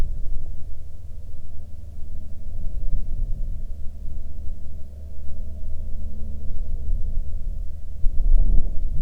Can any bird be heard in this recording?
no